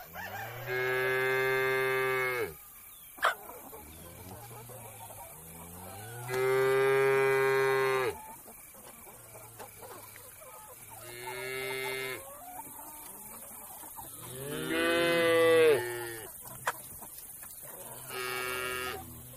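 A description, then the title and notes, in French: Cattle low repeatedly on a farm, five long moos of one to two seconds each, arriving every few seconds with quiet gaps between. Each call is a deep, steady drone. Brief clicks and a faint low murmur sit underneath. A la ferme avec ses animaux.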